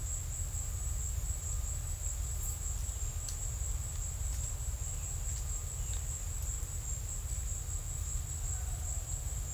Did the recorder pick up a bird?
no